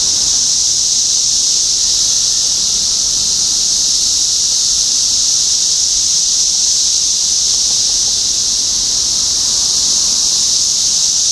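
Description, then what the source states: Cicada chorus, a dense, continuous high-pitched hiss-like buzz without pauses; a faint thin tone runs underneath for part of it. Several cicadas recorded in Topeka, Kansas, on 14 June 2015.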